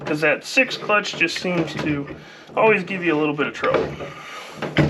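The direct clutch drum of a 47/48RE automatic transmission is lowered and worked onto the splines of the clutch pack while someone talks, with faint handling noises between the words. The drum is not yet home, and nothing has seated or clicked yet.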